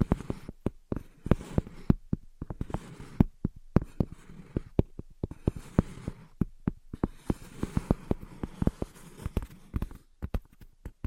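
Invisible tapping and scratching: quick, irregular taps arrive in clusters, several per second, each a sharp click with a low thud beneath it. Between them, soft scratchy rustling fills the gaps, and brief silences break the pattern around four and ten seconds.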